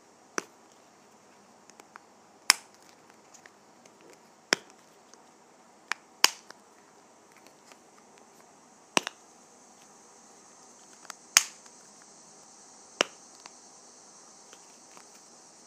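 Sharp clicks and snaps from a lip gloss container, the cap being opened, closed and tapped. Loud clicks land about every two to three seconds, with softer ticks and rattles between them. A faint steady hiss hangs high behind everything.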